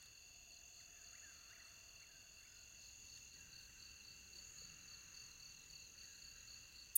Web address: The Songs of Insects. Robust Shieldback Katydid